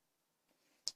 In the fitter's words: knife that locks into place with a liner lock.